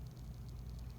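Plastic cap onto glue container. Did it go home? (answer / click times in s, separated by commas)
no / none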